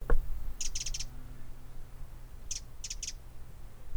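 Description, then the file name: Eurasian wren calls: short, dry ticking notes in quick runs of three or four, two bursts about two seconds apart, over low background noise. "Troglodytes troglodytes"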